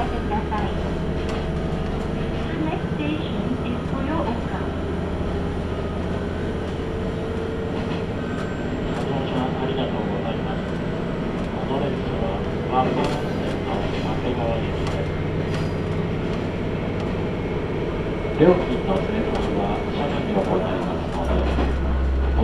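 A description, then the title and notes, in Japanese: Inside a Tenryu Hamanako Railway train car, a steady low rumble of the running train holds throughout at an even level. Scattered voices and small clicks come and go over it, with a sharper knock near the eighteen-second mark. 天竜浜名湖鉄道 天竜二俣→森町病院前→遠江一宮。天竜二俣でかなり降りて空いた車内。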